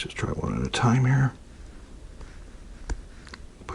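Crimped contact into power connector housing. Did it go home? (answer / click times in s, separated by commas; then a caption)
yes / 2.9 s, 3.7 s. Someone talks briefly while pushing crimped contacts one at a time into a power connector housing for a portable power pack. After a quiet pause, sharp clicks come at 2.9 s and 3.7 s as the contacts snap home and seat in the housing.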